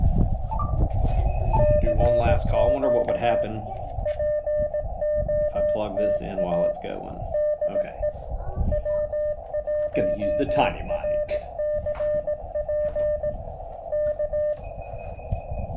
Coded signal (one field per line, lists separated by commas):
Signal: Morse code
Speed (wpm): 18 wpm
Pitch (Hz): 600 Hz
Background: speech, music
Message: CQ POTA DE W1RCP K